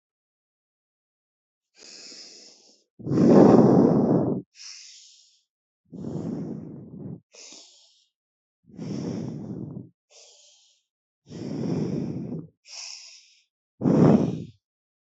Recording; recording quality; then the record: deep breathing; excellent, no background noise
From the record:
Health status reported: healthy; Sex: female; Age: 23 years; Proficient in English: yes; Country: India